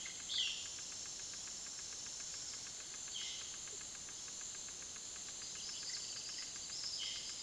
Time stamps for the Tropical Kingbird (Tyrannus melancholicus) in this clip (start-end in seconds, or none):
5.33-7.43